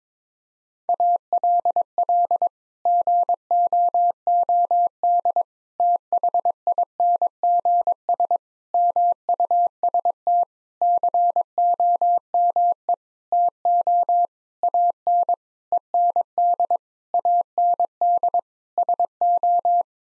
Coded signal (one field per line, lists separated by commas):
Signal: Morse code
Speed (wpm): 22 wpm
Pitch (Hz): 700 Hz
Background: none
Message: ALL GOOD THINGS MUST COME TO AN END AND SO